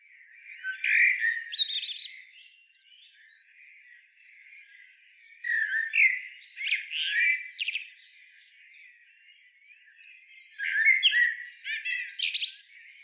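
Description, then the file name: Eurasian blackbird song: three bursts of mellow warbling capped with thin, high, scratchy twitters, spaced about five seconds apart. "Turdus merula"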